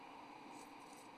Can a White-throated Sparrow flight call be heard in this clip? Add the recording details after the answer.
no. No flight call is heard. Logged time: 00:26 on 25 November 2014